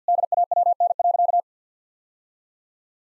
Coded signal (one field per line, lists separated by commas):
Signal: Morse code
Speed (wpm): 50 wpm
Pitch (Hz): 700 Hz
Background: none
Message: DAWN.